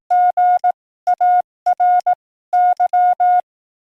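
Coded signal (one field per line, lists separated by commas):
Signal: Morse code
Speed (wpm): 18 wpm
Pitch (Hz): 720 Hz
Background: none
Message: GARY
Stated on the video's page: Morse heard while hunting Parks on the Air stations.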